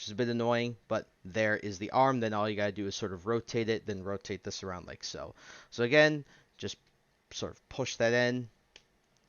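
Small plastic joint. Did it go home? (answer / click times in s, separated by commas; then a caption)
yes / 8.8 s. A plastic leg section of a Transformers Studio Series Rise of the Beasts Voyager Class Rhinox action figure is pushed during transformation into its locked position while someone talks. After the talking stops, the leg clicks into place at 8.8 s, followed by a fainter click at 9.2 s, and the joint is seated.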